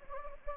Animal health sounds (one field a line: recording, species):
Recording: mosquito wingbeat signal from an infrared sensor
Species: Anopheles gambiae